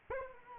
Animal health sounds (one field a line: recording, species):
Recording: mosquito wingbeat signal from an infrared sensor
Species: Anopheles arabiensis